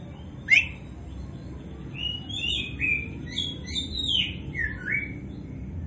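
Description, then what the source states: Oriental magpie-robin giving a softer, quieter song of smooth whistled slurs and falling notes over steady background hiss. Local variety called kacer poci; described as gacor, singing vigorously.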